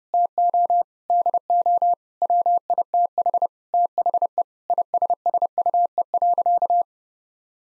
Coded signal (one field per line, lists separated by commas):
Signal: Morse code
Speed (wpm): 30 wpm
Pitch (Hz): 700 Hz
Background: none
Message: TO DO WITH THE ISSUE.